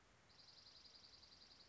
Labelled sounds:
Dark-eyed Junco (Junco hyemalis)
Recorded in Sonoma County, California

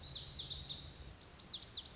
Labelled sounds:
Lazuli Bunting (Passerina amoena)
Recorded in Sonoma County, California

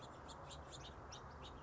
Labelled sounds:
House Finch (Haemorhous mexicanus)
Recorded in Sonoma County, California

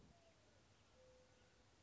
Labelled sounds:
Mourning Dove (Zenaida macroura)
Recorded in Sonoma County, California

